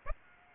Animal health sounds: mosquito wingbeat signal from an infrared sensor; Aedes aegypti

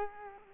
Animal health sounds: mosquito wingbeat signal from an infrared sensor; Culex quinquefasciatus

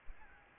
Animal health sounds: mosquito wingbeat signal from an infrared sensor; Aedes albopictus

